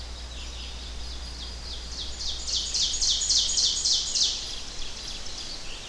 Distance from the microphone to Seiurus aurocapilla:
about 15 m